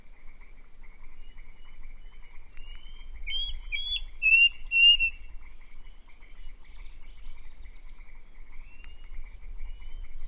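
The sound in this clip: Bird, whistled call: a quick string of looping, slurred notes near the middle, followed by faint scattered chirps, with a constant thin hum and light low rumble.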